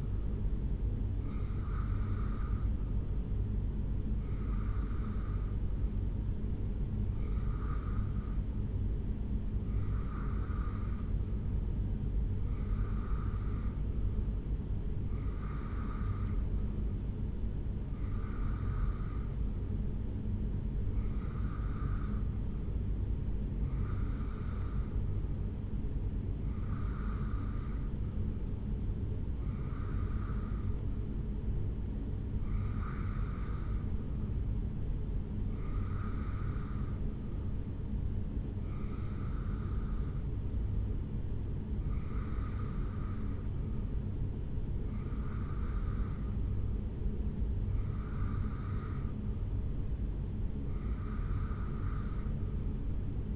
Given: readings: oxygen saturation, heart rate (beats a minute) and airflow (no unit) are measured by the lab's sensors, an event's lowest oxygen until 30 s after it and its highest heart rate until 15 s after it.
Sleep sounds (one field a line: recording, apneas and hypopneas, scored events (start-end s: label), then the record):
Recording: breathing in sleep by a smartphone at the bedside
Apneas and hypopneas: 1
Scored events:
5.00-40.00 s: hypopnea (REM, oxygen 85% highest, then 83% lowest, heart rate 72 at the start, 74 highest)
From the record:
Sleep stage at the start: REM sleep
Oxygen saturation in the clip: 83 to 85%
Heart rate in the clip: 70 to 74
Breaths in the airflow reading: 18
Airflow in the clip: -1.8 to 1.2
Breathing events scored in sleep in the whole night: 449 in 7.0 hours asleep